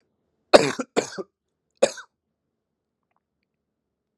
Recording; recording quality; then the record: heavy voluntary cough; excellent, no background noise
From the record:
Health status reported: healthy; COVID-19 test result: negative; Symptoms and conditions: cough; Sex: male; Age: 22 years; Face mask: not worn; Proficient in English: yes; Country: India